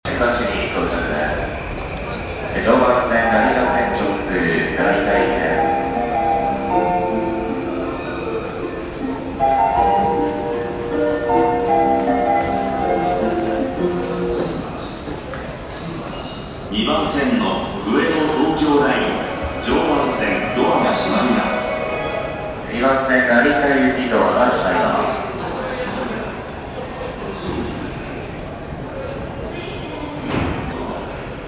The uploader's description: The Sound Of Japan Rail at Shimbashi